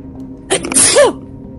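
A single sneeze from an adult.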